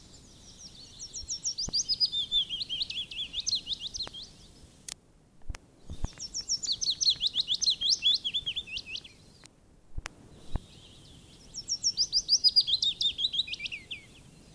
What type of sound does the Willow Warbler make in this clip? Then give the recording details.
song. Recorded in the wild. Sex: male. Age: adult. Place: Erlangen, Bayern, DE. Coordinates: 49.6086, 10.9697. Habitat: carr. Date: 1961-05-01. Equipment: Original, Vollspur. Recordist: Tretzel, Erwin